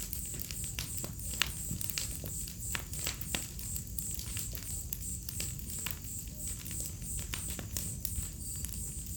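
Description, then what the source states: Crickets trilling in a high, rhythmic pulsed chorus while a fire crackles and pops irregularly throughout. A chorus of crickets on an autumn night beside a crackling bonfire, in a village within the Mata Atlântica rainforest.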